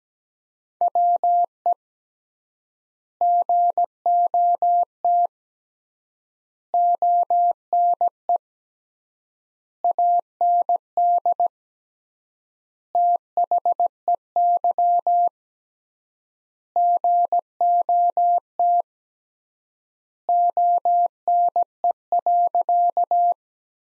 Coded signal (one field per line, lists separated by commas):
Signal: Morse code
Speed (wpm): 17 wpm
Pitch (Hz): 700 Hz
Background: none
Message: WE GOT ONE AND THEY GOT ONE.